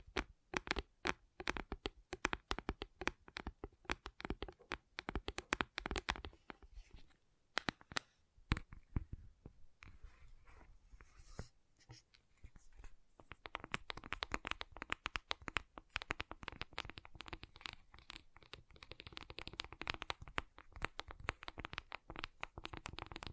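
Gentle tapping in quick, uneven clusters of sharp clicks, thinning to sparse taps around ten seconds, then returning denser and faster.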